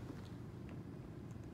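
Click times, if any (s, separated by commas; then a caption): none. The monitor end of a non-invasive blood pressure cable is handled and guided toward the port of a Corpuls patient monitor set up with a VitalsBridge 300, over a steady low background rumble with a faint, brief tick at about 0.7 s. Nothing has seated or clicked yet; the connector is not yet home.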